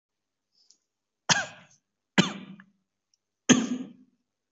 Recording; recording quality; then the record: heavy voluntary cough; excellent, no background noise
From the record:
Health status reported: COVID-19 positive, no symptoms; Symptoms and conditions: none ticked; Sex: male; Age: 28 years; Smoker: not ticked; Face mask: not worn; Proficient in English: no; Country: India